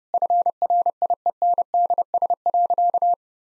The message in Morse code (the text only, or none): FRIENDS.